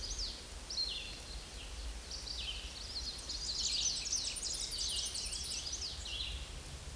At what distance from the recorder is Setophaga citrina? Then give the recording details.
about 35 m. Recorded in a Pennsylvania forest on 18 May 2023 at 10:16. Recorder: AudioMoth, point grid1_17_low. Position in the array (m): 228 m, 139 m